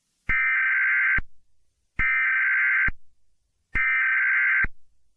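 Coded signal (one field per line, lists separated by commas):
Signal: Emergency Alert System (SAME) tones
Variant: header bursts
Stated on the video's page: Fictional EAS scenario or mock, not a real alert.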